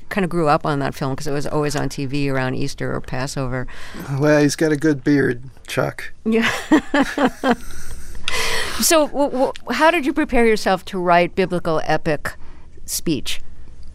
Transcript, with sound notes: I kind of grew up on that film because it was always on TV around Easter or Passover.
Well, he's get a good beard, Chuck.
(Laughter) So how did you prepare yourself to write biblical, epic speech?